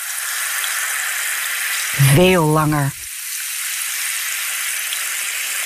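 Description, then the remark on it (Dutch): A steady, bright fizzing hiss of Spa Rood sparkling water runs throughout, with a brief spoken phrase cutting in around the middle before the crackling bubbles continue alone. “Intense, langdurige bubbels.”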